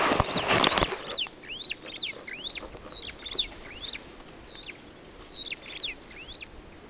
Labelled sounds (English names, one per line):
Superb Starling flight call